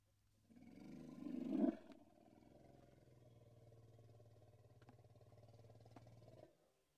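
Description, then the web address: Indian elephant producing a low growling rumble that peaks early, then a long quieter throbbing drone over a constant hum, with a few faint clicks. Two Indian elephants, in Indian countryside. "BBC Sound Effects Library. India Pakistan Nepal. Two Indian Elephants"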